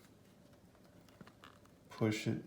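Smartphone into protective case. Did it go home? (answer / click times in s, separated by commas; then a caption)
no / none. An iPhone 12 Pro Max is slid from the side into a black leather Mous Limitless 3.0 protective case and lined up, making only faint handling ticks and scrapes. Near the end, someone talks. Nothing has seated or clicked into place yet.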